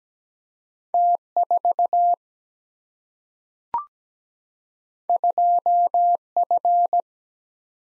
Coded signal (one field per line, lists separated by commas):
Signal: Morse code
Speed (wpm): 17 wpm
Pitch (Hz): 700 Hz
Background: none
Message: T 4 2 F